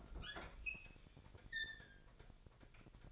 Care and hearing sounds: daily activity, microphone in the room; open fridge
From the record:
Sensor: 5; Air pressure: 1002.0 hPa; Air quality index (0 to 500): 210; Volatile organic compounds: 21 ppm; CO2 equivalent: 2729 ppm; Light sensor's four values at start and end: 10/23/9/10 and 11/25/10/12

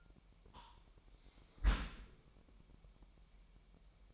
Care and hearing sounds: daily activity, microphone in the room; close dishwasher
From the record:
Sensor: 1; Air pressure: 998.4 hPa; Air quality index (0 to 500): 137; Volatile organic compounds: 4 ppm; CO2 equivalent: 1641 ppm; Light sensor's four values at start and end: 16/55/22/22 and 16/55/22/22

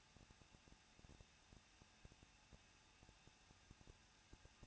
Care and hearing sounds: daily activity, microphone in the room; no activity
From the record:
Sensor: 2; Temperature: 21.0 degrees Celsius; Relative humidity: 37.3%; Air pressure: 1006.3 hPa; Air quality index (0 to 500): 221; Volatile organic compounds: 23 ppm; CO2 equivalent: 2789 ppm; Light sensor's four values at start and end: 2/3/2/2 and 2/3/2/2

